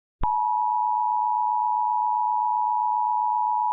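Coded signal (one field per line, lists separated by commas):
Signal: Emergency Alert System (SAME) tones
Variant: 853 and 960 Hz attention tone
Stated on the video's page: Recreated mock EAS tornado watch, not a live alert.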